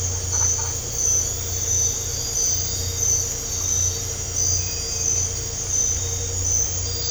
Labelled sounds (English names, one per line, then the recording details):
none
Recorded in dense forest near Puerto Asís, Putumayo, Colombia, on 9 March 2025 at 01:30
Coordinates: 0.468, -76.322
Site GP01